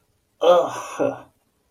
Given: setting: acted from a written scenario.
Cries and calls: vocal sound without words; disgust

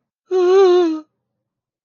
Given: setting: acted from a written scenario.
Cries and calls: vocal sound without words; distress

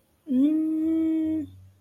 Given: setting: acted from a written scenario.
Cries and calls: vocal sound without words; confusion

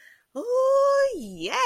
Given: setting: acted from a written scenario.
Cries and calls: vocal sound without words; elation

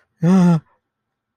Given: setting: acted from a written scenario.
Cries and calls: vocal sound without words; distress

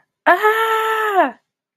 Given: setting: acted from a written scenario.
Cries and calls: vocal sound without words; elation

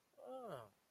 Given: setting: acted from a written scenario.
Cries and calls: vocal sound without words; confusion

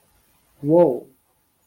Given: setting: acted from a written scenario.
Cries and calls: vocal sound without words; adoration

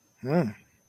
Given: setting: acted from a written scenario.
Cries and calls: vocal sound without words; interest

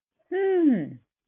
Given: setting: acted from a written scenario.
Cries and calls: vocal sound without words; confusion

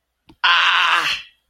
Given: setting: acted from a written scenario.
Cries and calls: vocal sound without words; pain

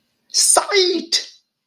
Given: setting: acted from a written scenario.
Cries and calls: vocal sound without words; realization

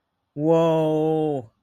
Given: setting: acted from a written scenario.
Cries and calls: vocal sound without words; elation

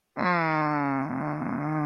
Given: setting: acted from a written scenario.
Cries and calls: vocal sound without words; shame

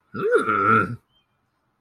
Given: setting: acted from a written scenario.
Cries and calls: vocal sound without words; desire

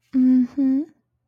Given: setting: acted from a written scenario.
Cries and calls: vocal sound without words; sympathy

